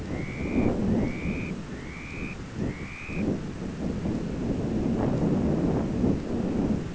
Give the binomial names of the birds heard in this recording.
Calidris alpina